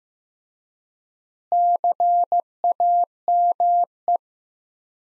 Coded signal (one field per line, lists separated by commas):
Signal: Morse code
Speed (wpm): 16 wpm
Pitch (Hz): 700 Hz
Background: none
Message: CAME